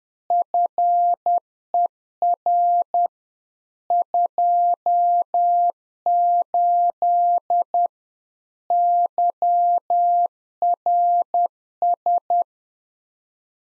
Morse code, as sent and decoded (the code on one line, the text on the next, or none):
..-. . .-. / ..--- ---.. / -.-- .-. ...
FER 28 YRS